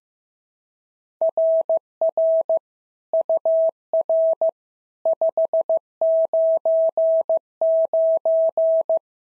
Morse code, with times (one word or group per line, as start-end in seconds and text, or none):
1.2-2.6 RR
3.1-4.5 UR
5.1-9.0 599